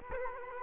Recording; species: mosquito wingbeat signal from an infrared sensor; Culex quinquefasciatus